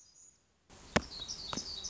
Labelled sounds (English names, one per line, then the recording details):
Black-throated Gray Warbler
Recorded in Sonoma County, California